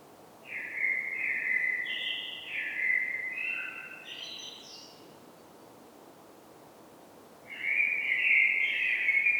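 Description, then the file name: Common blackbird singing: a fluty warbled phrase ending in a high squeaky twitter, then a pause before the next mellow phrase begins. "Turdus merula"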